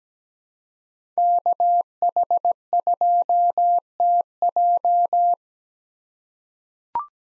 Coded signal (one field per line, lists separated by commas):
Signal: Morse code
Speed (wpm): 17 wpm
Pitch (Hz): 700 Hz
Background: none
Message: KH2TJ